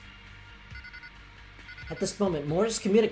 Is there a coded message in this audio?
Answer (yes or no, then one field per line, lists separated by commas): no